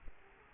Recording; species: mosquito wingbeat signal from an infrared sensor; Culex quinquefasciatus